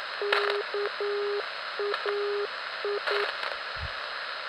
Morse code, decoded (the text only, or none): KAI